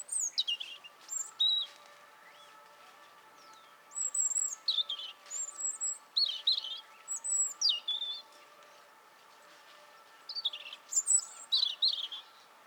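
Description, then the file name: European robin singing three bursts of high, sliding whistles and trills with long pauses between, over a steady humming tone. "Erithacus rubecula"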